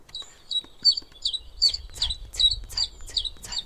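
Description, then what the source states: Common Chiffchaff song: a series of high chipping notes over a low rumble. Played back from a bird-sound book; the song gives the bird its name.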